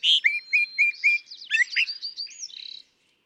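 California thrasher delivering a quick string of repeated slurred whistles followed by scratchy twisting notes and a short buzzy rattle.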